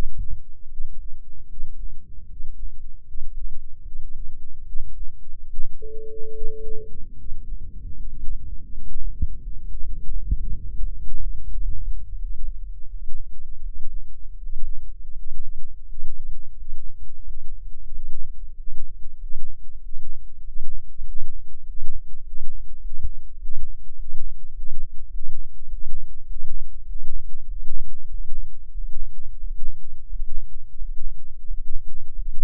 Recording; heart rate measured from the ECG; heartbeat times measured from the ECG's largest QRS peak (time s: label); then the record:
heart sounds by microphone in the left ear; 88 bpm
0.68 s: heartbeat
1.47 s: heartbeat
2.27 s: heartbeat
3.05 s: heartbeat
3.82 s: heartbeat
4.63 s: heartbeat
5.47 s: heartbeat
6.31 s: heartbeat
7.15 s: heartbeat
7.94 s: heartbeat
8.68 s: heartbeat
9.40 s: heartbeat
10.10 s: heartbeat
10.79 s: heartbeat
11.48 s: heartbeat
12.16 s: heartbeat
12.86 s: heartbeat
13.59 s: heartbeat
14.35 s: heartbeat
15.09 s: heartbeat
15.82 s: heartbeat
16.52 s: heartbeat
17.20 s: heartbeat
17.87 s: heartbeat
18.51 s: heartbeat
19.15 s: heartbeat
19.77 s: heartbeat
20.39 s: heartbeat
21.00 s: heartbeat
21.61 s: heartbeat
22.20 s: heartbeat
22.78 s: heartbeat
23.35 s: heartbeat
23.92 s: heartbeat
24.50 s: heartbeat
25.07 s: heartbeat
25.65 s: heartbeat
26.23 s: heartbeat
26.83 s: heartbeat
27.44 s: heartbeat
28.06 s: heartbeat
28.70 s: heartbeat
29.37 s: heartbeat
30.06 s: heartbeat
30.75 s: heartbeat
31.44 s: heartbeat
32.12 s: heartbeat
From the record:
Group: healthy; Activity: rest 0-8 s, breath hold 8-33 s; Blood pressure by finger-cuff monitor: 93/64 mmHg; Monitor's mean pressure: 71 mmHg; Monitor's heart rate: 83 bpm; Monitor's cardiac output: 6.9 L/min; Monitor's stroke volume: 84 mL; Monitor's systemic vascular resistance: 720 dyn s/cm5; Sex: male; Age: 23 years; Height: 178 cm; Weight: 96.6 kg